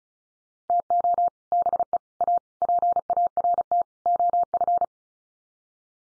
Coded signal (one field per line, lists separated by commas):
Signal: Morse code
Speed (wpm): 34 wpm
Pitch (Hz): 700 Hz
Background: none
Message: TO BE A PART OF